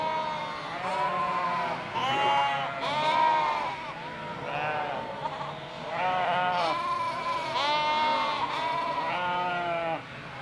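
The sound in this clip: Sheep bleating, repeated wavering bleats from several animals, loud calls overlapping one another with hardly any quiet moments.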